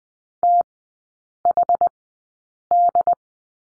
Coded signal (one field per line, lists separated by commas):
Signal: Morse code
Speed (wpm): 20 wpm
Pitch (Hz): 700 Hz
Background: none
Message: THD